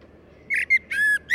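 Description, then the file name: Common blackbird song fragment: a handful of brief, smooth, fluty whistled notes, the longest held steady before a final rising note. "Turdus merula"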